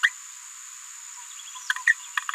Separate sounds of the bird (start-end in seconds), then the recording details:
0.03-0.09, 1.86-1.93. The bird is a female. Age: 27 days. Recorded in a nest box in Venezuela. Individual 17B73B2